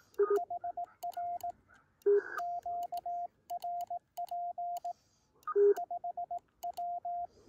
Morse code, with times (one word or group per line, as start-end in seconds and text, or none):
0.4-1.5 HR
2.4-4.9 QRP
5.8-7.3 5W